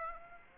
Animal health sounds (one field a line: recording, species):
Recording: mosquito wingbeat signal from an infrared sensor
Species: Aedes aegypti